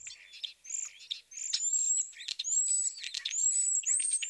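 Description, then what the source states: European Starling song, a jumble of high squeaky squeals, slurred whistles and clicks in a continuous varied stream. Several birds giving typical complex vocalizations: high-pitched squeaky squeals, wolf whistles, garbled clucks and clicks.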